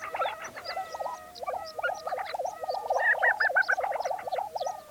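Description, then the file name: Lesser prairie chicken calls: a rapid run of bubbling notes, with brief level whistled tones and sharp cackling yelps above. Recorded on 20 April 2013. "2013-04-20 Lesser Prairie Chicken"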